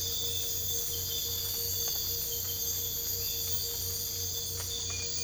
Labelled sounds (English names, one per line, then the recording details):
none
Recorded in dense forest near Puerto Asís, Putumayo, Colombia, on 22 December 2024 at 03:00
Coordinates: 0.484, -76.325
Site G056